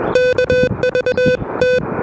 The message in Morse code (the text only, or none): KVT